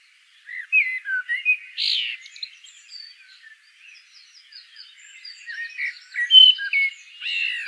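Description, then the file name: Common blackbird singing mellow whistled phrases that dip and slur, broken by a sharp high squeak, then a run of soft twittering and more fluted notes. "Turdus merula"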